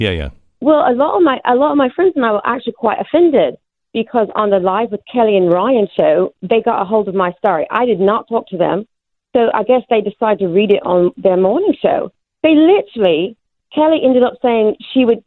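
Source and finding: Adult woman speaking. Foreign accent syndrome.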